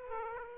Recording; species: mosquito wingbeat signal from an infrared sensor; Aedes aegypti